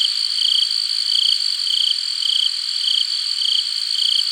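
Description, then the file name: Crickets chirping: short buzzy trills at an even quick rhythm above a persistent high insect hum. "Crickets - Hard"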